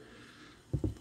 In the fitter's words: hindi dito yung ano kasi nag-lock naman yun pag ganun o nag-lock siya,